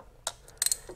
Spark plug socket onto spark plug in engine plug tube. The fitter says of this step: turn it around till it clicks down